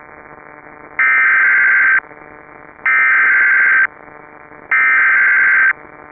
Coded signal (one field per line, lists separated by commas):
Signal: Emergency Alert System (SAME) tones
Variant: header bursts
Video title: A Severe Disruption (EAS Scenario)